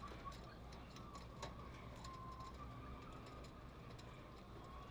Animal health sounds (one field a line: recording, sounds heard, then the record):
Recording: poultry house recording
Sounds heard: healthy chickens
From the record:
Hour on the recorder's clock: 0